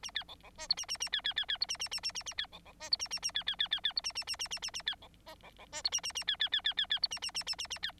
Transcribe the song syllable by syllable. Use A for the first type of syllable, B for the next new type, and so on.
A B C C D E A A A B B B B E A A A A A A B C C D E A A A B B B B B E A A A A A A A B C F C C D E A A A B B B B B B E A A A A A A B